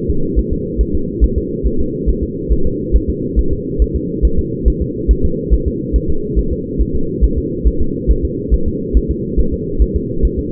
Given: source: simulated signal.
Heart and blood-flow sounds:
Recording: fetal heart sounds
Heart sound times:
0.10 s: S2
0.39 s: S1
0.53 s: S2
0.81 s: S1
0.95 s: S2
1.24 s: S1
1.38 s: S2
1.66 s: S1
1.80 s: S2
2.09 s: S1
2.23 s: S2
2.53 s: S1
2.66 s: S2
2.96 s: S1
3.10 s: S2
3.39 s: S1
3.53 s: S2
3.82 s: S1
3.96 s: S2
4.25 s: S1
4.39 s: S2
4.68 s: S1
4.82 s: S2
5.11 s: S1
5.25 s: S2
5.54 s: S1
5.68 s: S2
5.96 s: S1
6.10 s: S2
6.39 s: S1
6.53 s: S2
6.81 s: S1
6.95 s: S2
7.24 s: S1
7.38 s: S2
7.67 s: S1
7.81 s: S2
8.11 s: S1
8.25 s: S2
8.54 s: S1
8.68 s: S2
8.97 s: S1
9.11 s: S2
9.40 s: S1
9.54 s: S2
9.82 s: S1
9.96 s: S2
10.25 s: S1
10.39 s: S2
From the record:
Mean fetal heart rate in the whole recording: 140 bpm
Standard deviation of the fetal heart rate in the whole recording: 2 bpm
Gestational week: 34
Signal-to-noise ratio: -8.1 dB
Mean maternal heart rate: 72 bpm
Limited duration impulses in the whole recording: present

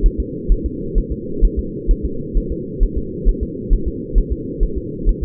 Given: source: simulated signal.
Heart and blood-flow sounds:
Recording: fetal heart sounds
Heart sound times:
0.06 s: S1
0.20 s: S2
0.52 s: S1
0.66 s: S2
0.98 s: S1
1.12 s: S2
1.45 s: S1
1.59 s: S2
1.91 s: S1
2.05 s: S2
2.38 s: S1
2.52 s: S2
2.83 s: S1
2.98 s: S2
3.29 s: S1
3.43 s: S2
3.73 s: S1
3.88 s: S2
4.18 s: S1
4.32 s: S2
4.63 s: S1
4.78 s: S2
5.09 s: S1
5.23 s: S2
From the record:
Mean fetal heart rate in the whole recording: 130 bpm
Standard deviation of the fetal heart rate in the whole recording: 4 bpm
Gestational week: 38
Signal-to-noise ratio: -4.3 dB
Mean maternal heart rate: 72 bpm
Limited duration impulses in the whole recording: present

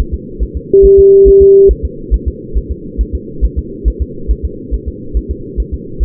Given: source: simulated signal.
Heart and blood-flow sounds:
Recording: fetal heart sounds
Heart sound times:
0.00 s: S1
0.14 s: S2
0.43 s: S1
0.57 s: S2
0.85 s: S1
0.99 s: S2
1.28 s: S1
1.42 s: S2
1.71 s: S1
1.85 s: S2
2.14 s: S1
2.28 s: S2
2.58 s: S1
2.71 s: S2
3.01 s: S1
3.15 s: S2
3.45 s: S1
3.59 s: S2
3.88 s: S1
4.02 s: S2
4.31 s: S1
4.45 s: S2
4.74 s: S1
4.88 s: S2
5.17 s: S1
5.31 s: S2
5.60 s: S1
5.74 s: S2
6.03 s: S1
From the record:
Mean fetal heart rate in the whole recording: 140 bpm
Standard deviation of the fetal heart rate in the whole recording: 2 bpm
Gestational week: 34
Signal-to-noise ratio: -4.3 dB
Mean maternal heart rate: 72 bpm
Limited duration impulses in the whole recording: present

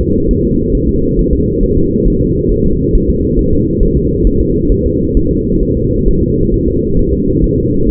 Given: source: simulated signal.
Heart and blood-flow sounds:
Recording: fetal heart sounds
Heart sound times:
0.01 s: S2
0.31 s: S1
0.45 s: S2
0.75 s: S1
0.89 s: S2
1.19 s: S1
1.33 s: S2
1.63 s: S1
1.77 s: S2
2.08 s: S1
2.22 s: S2
2.52 s: S1
2.66 s: S2
2.95 s: S1
3.09 s: S2
3.39 s: S1
3.53 s: S2
3.83 s: S1
3.97 s: S2
4.27 s: S1
4.41 s: S2
4.72 s: S1
4.86 s: S2
5.17 s: S1
5.31 s: S2
5.63 s: S1
5.77 s: S2
6.08 s: S1
6.23 s: S2
6.54 s: S1
6.68 s: S2
6.99 s: S1
7.13 s: S2
7.44 s: S1
7.58 s: S2
7.89 s: S1
From the record:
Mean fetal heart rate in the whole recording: 135 bpm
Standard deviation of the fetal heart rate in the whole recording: 3 bpm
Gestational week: 36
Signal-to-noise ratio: -15.3 dB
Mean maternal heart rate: 72 bpm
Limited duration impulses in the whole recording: present

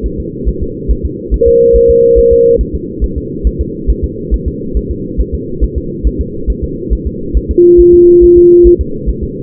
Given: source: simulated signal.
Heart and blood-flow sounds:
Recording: fetal heart sounds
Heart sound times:
0.06 s: S1
0.20 s: S2
0.49 s: S1
0.63 s: S2
0.91 s: S1
1.05 s: S2
1.34 s: S1
1.48 s: S2
1.76 s: S1
1.90 s: S2
2.19 s: S1
2.33 s: S2
2.61 s: S1
2.75 s: S2
3.04 s: S1
3.18 s: S2
3.47 s: S1
3.61 s: S2
3.90 s: S1
4.04 s: S2
4.34 s: S1
4.48 s: S2
4.77 s: S1
4.91 s: S2
5.21 s: S1
5.35 s: S2
5.64 s: S1
5.78 s: S2
6.07 s: S1
6.21 s: S2
6.50 s: S1
6.64 s: S2
6.93 s: S1
7.07 s: S2
7.37 s: S1
7.51 s: S2
7.80 s: S1
7.94 s: S2
8.24 s: S1
8.38 s: S2
8.67 s: S1
8.81 s: S2
9.09 s: S1
9.24 s: S2
From the record:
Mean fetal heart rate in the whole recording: 140 bpm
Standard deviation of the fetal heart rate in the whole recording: 2 bpm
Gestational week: 34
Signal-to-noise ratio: -6.6 dB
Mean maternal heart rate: 72 bpm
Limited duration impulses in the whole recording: present

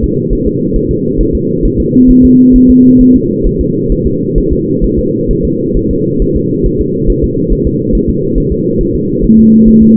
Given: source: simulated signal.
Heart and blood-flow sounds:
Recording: fetal heart sounds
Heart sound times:
0.04 s: S2
0.33 s: S1
0.47 s: S2
0.76 s: S1
0.91 s: S2
1.21 s: S1
1.35 s: S2
1.65 s: S1
1.80 s: S2
2.11 s: S1
2.25 s: S2
2.56 s: S1
2.70 s: S2
3.01 s: S1
3.16 s: S2
3.47 s: S1
3.61 s: S2
3.92 s: S1
4.07 s: S2
4.38 s: S1
4.53 s: S2
4.84 s: S1
4.99 s: S2
5.31 s: S1
5.45 s: S2
5.77 s: S1
5.91 s: S2
6.22 s: S1
6.36 s: S2
6.66 s: S1
6.81 s: S2
7.10 s: S1
7.24 s: S2
7.53 s: S1
7.67 s: S2
7.95 s: S1
8.10 s: S2
8.38 s: S1
8.52 s: S2
8.81 s: S1
8.95 s: S2
9.24 s: S1
9.39 s: S2
9.68 s: S1
9.83 s: S2
From the record:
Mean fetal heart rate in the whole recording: 135 bpm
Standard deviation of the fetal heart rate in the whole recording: 3 bpm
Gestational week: 36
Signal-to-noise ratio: -11.2 dB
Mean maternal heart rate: 72 bpm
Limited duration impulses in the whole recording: present

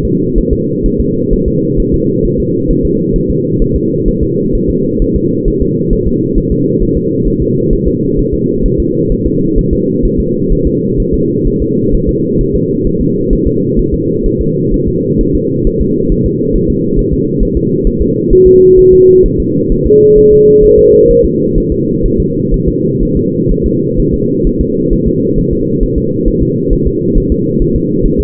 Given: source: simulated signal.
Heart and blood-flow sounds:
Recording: fetal heart sounds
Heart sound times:
0.05 s: S2
0.38 s: S1
0.53 s: S2
0.86 s: S1
1.01 s: S2
1.33 s: S1
1.48 s: S2
1.80 s: S1
1.94 s: S2
2.25 s: S1
2.40 s: S2
2.71 s: S1
2.85 s: S2
3.16 s: S1
3.30 s: S2
3.62 s: S1
3.76 s: S2
4.08 s: S1
4.23 s: S2
4.55 s: S1
4.70 s: S2
5.02 s: S1
5.16 s: S2
5.48 s: S1
5.62 s: S2
5.93 s: S1
6.08 s: S2
6.38 s: S1
6.52 s: S2
6.82 s: S1
6.97 s: S2
7.28 s: S1
7.42 s: S2
7.73 s: S1
7.88 s: S2
8.19 s: S1
8.34 s: S2
8.66 s: S1
8.80 s: S2
9.12 s: S1
9.27 s: S2
9.59 s: S1
9.73 s: S2
10.05 s: S1
10.20 s: S2
10.53 s: S1
10.67 s: S2
11.00 s: S1
11.14 s: S2
11.48 s: S1
11.62 s: S2
11.95 s: S1
12.09 s: S2
12.41 s: S1
12.55 s: S2
12.87 s: S1
13.01 s: S2
13.33 s: S1
13.47 s: S2
13.79 s: S1
13.94 s: S2
14.26 s: S1
14.41 s: S2
14.74 s: S1
14.88 s: S2
15.21 s: S1
15.35 s: S2
15.67 s: S1
15.81 s: S2
16.12 s: S1
16.26 s: S2
16.56 s: S1
16.70 s: S2
16.99 s: S1
17.13 s: S2
17.43 s: S1
17.57 s: S2
17.87 s: S1
18.02 s: S2
18.33 s: S1
18.47 s: S2
18.79 s: S1
18.93 s: S2
19.26 s: S1
19.40 s: S2
19.72 s: S1
19.87 s: S2
20.18 s: S1
20.33 s: S2
20.64 s: S1
20.79 s: S2
21.11 s: S1
21.25 s: S2
21.58 s: S1
21.72 s: S2
22.06 s: S1
22.20 s: S2
22.54 s: S1
22.68 s: S2
23.03 s: S1
23.17 s: S2
23.52 s: S1
23.66 s: S2
24.00 s: S1
24.14 s: S2
24.47 s: S1
24.61 s: S2
24.93 s: S1
25.08 s: S2
25.39 s: S1
25.53 s: S2
25.83 s: S1
25.98 s: S2
26.28 s: S1
26.42 s: S2
26.73 s: S1
26.87 s: S2
27.18 s: S1
27.32 s: S2
27.62 s: S1
27.76 s: S2
28.06 s: S1
28.20 s: S2
From the record:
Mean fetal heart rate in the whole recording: 130 bpm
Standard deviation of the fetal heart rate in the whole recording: 4 bpm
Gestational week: 38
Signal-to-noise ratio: -11.2 dB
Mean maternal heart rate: 72 bpm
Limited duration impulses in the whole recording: present

